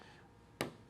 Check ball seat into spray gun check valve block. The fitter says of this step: and then the actual seat just kind of snaps into place there on top